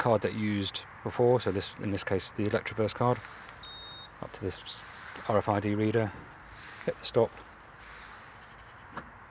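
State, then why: Released. Someone talks while tapping an Electroverse RFID card on the reader of an AC destination charger to stop charging. At 9.0 s the lock on the charging cable plug in the socket releases with a short click, and the cable can then be removed.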